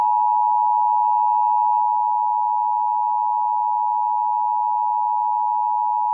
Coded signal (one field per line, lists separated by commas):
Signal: Emergency Alert System (SAME) tones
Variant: 853 and 960 Hz attention tone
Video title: (reupload) EAS of the Week - 4/13/2019